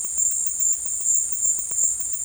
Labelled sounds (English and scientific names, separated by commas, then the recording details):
none
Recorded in dense forest near Puerto Asís, Putumayo, Colombia, on 22 December 2024 at 13:30
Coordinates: 0.468, -76.322
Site G071